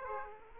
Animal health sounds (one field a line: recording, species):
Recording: mosquito wingbeat signal from an infrared sensor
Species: Aedes aegypti